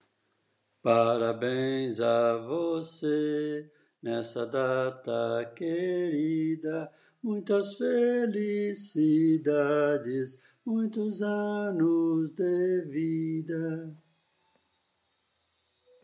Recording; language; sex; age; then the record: short text; Brazilian Portuguese; female; 60 to 69 years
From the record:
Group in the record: control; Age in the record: 63 years